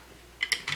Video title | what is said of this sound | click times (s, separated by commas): DX BearKuma 50 Review +Bonus (No.1 Sentai Gozyuger) | up until it clicks in place at this position. | 0.4 s, 0.5 s